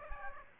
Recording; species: mosquito wingbeat signal from an infrared sensor; Aedes aegypti